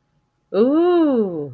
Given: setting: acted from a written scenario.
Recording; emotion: vocal sound without words; romantic love